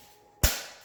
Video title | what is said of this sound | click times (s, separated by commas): Install or Add Tee Into 4" Corrugated Drain | down like that and you actually hear it snap and so it's connected now with | 0.4 s